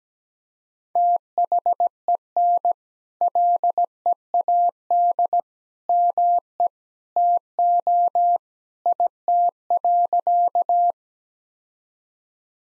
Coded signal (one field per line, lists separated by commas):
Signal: Morse code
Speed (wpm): 17 wpm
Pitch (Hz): 700 Hz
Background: none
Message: THEN LEAD ME TO IT.